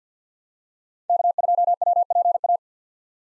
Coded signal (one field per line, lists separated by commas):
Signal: Morse code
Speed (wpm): 48 wpm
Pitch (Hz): 700 Hz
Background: none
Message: K2WPA